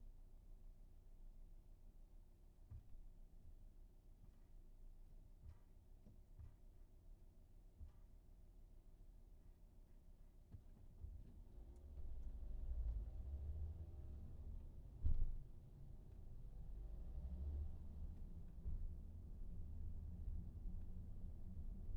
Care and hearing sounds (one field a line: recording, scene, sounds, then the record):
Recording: everyday scene through a hearing-aid microphone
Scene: in a vehicle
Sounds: engine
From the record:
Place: VW T5 Caravelle, diesel engine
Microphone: behind the ear, right, front